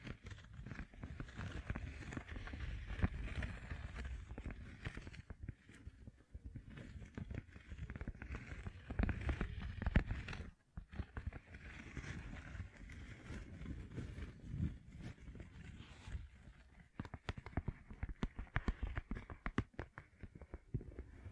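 Gem-covered fingertips tap and scratch in a dense, busy stream, with quick clicks scattered over a steady low, rubbing scrape. The texture stays full and even, breaking only for a brief hush around ten seconds before the tapping picks up again.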